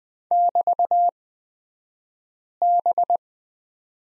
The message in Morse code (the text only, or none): <BT>B